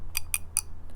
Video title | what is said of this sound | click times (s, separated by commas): Avet HX Reel Service | that sound the clicking sound means that small ball bearing did its job we got it in place | 0.2 s, 0.3 s, 0.6 s